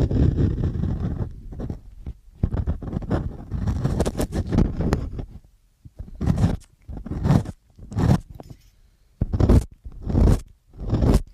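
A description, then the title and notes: Scratching and rustling right against the ear, as in an ear-cleaning routine. The first half is a dense, continuous crackle and scrape; after about five seconds it breaks into separate short strokes, roughly one per second, each with a crisp, bright edge and silence between. ASMR INNER EAR CLEANING STRESS RELIEF.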